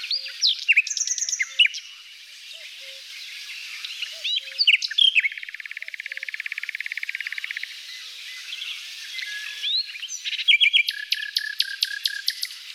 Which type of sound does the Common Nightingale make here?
song